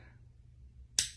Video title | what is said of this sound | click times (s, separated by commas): Trigger Control For Pistols - What It Is And How To Do It Correctly | There's the trigger reset. | 1.0 s